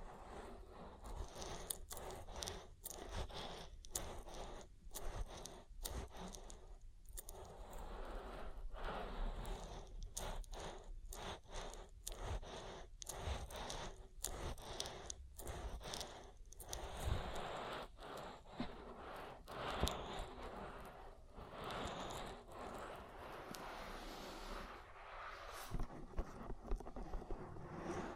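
An oil ear massage: wet, slick rubbing and squelching sounds come in quick, irregular strokes through the whole clip. The level stays fairly even, with dense bursts of friction crowding together and a faint low rumble running underneath.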